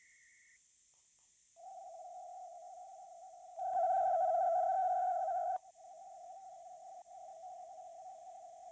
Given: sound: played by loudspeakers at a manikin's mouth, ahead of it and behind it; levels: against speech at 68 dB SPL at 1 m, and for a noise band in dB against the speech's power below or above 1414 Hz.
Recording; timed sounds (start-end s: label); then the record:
test signals for a remote microphone
0.00-0.56 s: noise band at 2000 Hz, -10 dB
1.56-3.56 s: noise band at 707 Hz, -13 dB
3.56-5.56 s: noise band at 707 Hz, +22 dB
5.56-8.72 s: noise band at 707 Hz, -13 dB
From the record:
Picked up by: remote microphone D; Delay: 24 ms